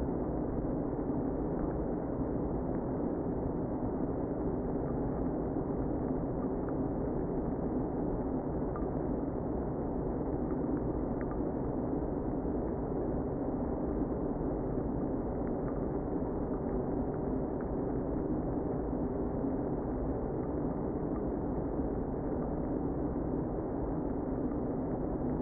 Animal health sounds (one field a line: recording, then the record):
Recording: honeybee colony, microphone inside the hive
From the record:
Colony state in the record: queen present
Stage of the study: before two queens were removed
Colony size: about 60,000 bees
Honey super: yes